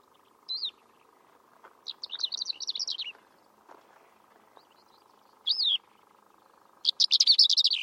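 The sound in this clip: Bird giving high, quick twitters: a short single note followed by a fast chattering trill, twice, over a soft continuous hum.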